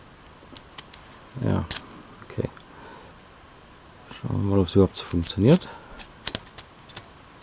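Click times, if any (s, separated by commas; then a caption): none. A small plastic projectile is handled at a 2003 Star Wars Saga Collection (Phase II) action figure's spring launcher while someone talks, with light, sharp plastic ticks and taps scattered through the clip. Nothing has clicked or seated in the launcher yet.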